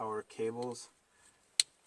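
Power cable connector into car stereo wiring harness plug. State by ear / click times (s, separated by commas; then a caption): seated / 1.6 s. A second power cable connector of a car stereo wiring harness, for an Android radio in a 2005 Highlander, is pressed into its mating harness plug. Someone talks, then a loud, sharp click at 1.6 s shows the connector seating firmly.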